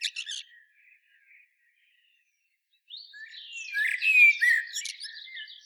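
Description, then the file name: Common blackbird song: brief scratchy notes, a pause, then a rich warbled phrase mixed with high chattering twitters. "Turdus merula"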